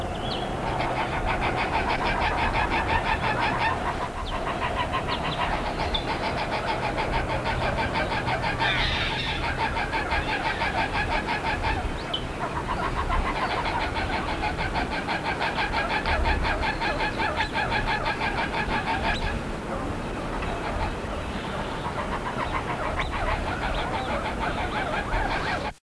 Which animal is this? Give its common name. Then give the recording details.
African Gray Hornbill. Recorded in captivity. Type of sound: call. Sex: pair. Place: Vogelpark Walsrode, Niedersachsen, DE. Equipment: Halbspur, 9,5 cm/s. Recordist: Lütgens, Hans. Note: Rufe